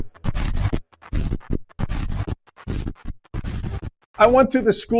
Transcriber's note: static noise